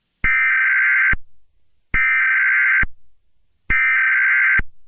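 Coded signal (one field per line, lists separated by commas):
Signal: Emergency Alert System (SAME) tones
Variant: header bursts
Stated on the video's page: Simulated EAS scenario.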